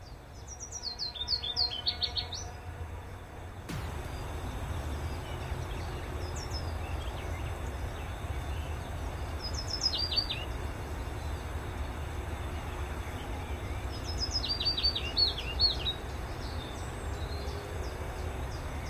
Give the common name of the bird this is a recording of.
Willow Warbler